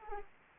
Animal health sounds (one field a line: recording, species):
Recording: mosquito wingbeat signal from an infrared sensor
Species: Anopheles arabiensis